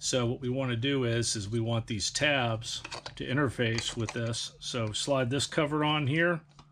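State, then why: Not seated. A plastic cover is being slid onto the handheld control head housing of a Kenwood VM8000 multiband P25 and DMR radio so that its tabs engage, as part of a control head conversion. Someone talks throughout, with faint handling sounds underneath. Nothing has seated or clicked yet.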